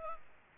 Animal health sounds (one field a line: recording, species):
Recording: mosquito wingbeat signal from an infrared sensor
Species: Aedes albopictus